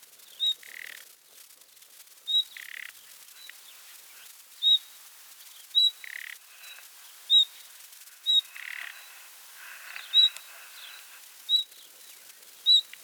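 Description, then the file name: Common nightingale calls: thin, pure, high whistles repeated every second or two, with soft low rasping notes after some of them. "Luscinia megarhynchos"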